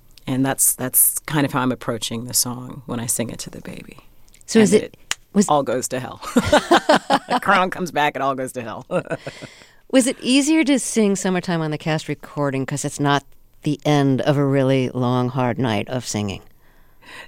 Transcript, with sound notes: and that's kind of how I'm approaching the song when I sing it to the baby.
So is it - was...
And it all goes to hell.
(LAUGHTER)
Crown comes back. It all goes to hell.
(LAUGHTER)
Was it easier to sing "Summertime" on the cast recording, because it's not the end of a really long, hard night of singing?